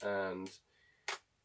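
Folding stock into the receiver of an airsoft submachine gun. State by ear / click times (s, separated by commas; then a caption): seated / 1.1 s. Someone talks as the plastic and metal folding stock of a Tokyo Marui spring-cocking airsoft UZI submachine gun is unfolded after its button is pressed. A sharp snap at 1.1 s is the stock locking into place in the receiver.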